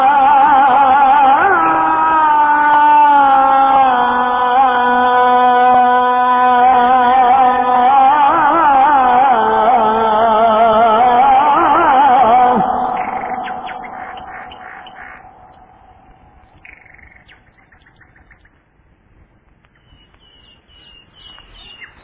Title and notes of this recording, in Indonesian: Adzan Shubuh. Saat adzan dikumandangkan, suara burung di pagi hari turut menemani.